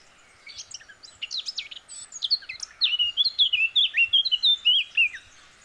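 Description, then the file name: Eurasian blackcap song: a quiet, scratchy warble that builds into a loud run of clear, fluty whistled notes, several per second. "Sylvia atricapilla"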